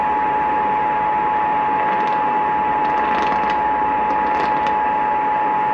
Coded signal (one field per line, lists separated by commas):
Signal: Emergency Alert System (SAME) tones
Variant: 853 and 960 Hz attention tone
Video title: CHICAGO LOVES TORNADOES - EAS Alerts from 06/26/2021 (EAS #169-172)